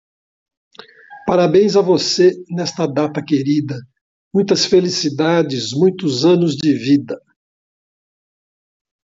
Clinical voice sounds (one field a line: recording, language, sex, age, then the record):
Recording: short text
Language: Brazilian Portuguese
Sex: male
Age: 70 to 79 years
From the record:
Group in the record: control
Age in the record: 70 years